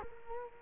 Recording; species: mosquito wingbeat signal from an infrared sensor; Culex quinquefasciatus